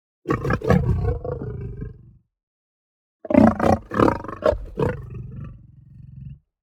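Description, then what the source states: Lion guttural roaring, two long bouts of rough pulsed grunting and growling, each about two to three seconds, separated by silence. Lion roar with guttural growl.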